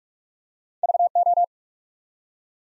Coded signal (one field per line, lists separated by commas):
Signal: Morse code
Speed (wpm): 44 wpm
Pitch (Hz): 700 Hz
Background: none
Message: VO